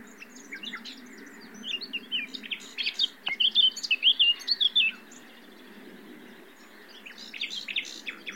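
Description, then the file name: Common nightingale with a clear burst of loud, quickly repeated chirping notes in the middle, softer scattered notes before and after. "Luscinia megarhynchos"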